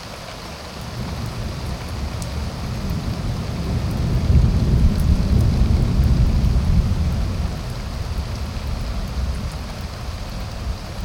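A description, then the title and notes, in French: Rain patters steadily on a wooden terrace, a dense, even hiss with faint scattered drop ticks on top. A deep thunder rumble rises from about four seconds, peaks near the middle, and slowly fades away by the end. Petit orage du soir. La pluie joue avec le bois de la terrasse, le tonnerre gronde au loin.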